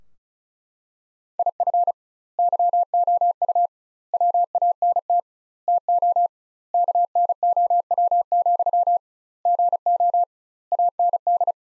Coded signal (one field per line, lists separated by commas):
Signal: Morse code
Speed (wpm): 34 wpm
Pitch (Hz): 700 Hz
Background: none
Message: IF YOU WANT TO KNOW, GO AND